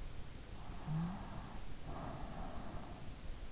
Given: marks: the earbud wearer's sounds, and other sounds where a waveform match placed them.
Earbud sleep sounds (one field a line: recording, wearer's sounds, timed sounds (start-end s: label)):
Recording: sounds in sleep by an in-ear microphone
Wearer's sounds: snoring breath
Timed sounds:
0.72-3.21 s: snoring breath